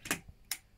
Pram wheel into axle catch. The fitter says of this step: like that just until it's locked into place